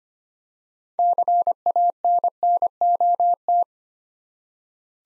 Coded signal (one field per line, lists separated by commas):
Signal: Morse code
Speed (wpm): 25 wpm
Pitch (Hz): 700 Hz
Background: none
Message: CANNOT